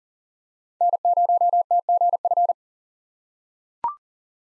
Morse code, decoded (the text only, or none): N0TGF